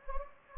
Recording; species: mosquito wingbeat signal from an infrared sensor; Anopheles gambiae